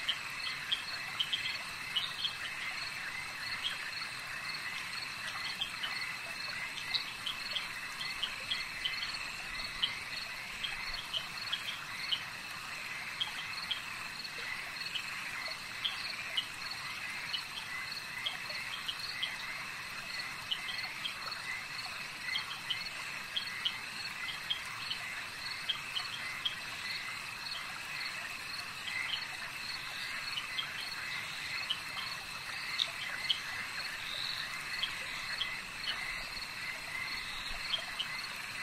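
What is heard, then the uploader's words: Frogs and insects at night in a swamp, a dense, unbroken chorus of bright trilling and chirping that stays steady throughout. Frogs Night Swamp Sounds - Hamford Water National Nature Reserve, UK.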